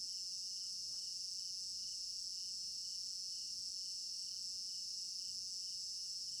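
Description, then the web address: Crickets in a dense, unbroken high-pitched chorus, overlaid by a softer pulsed trill repeating regularly, with a faint tick or two beneath. Crickets in an African village garden at night, recorded in stereo binaural. "African-Village Garden Night Crickets Stereo-Binaural. immersive sound library"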